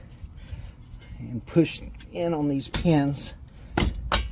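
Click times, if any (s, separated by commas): 3.8 s, 4.1 s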